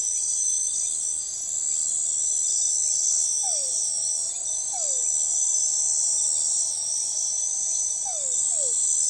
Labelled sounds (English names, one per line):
none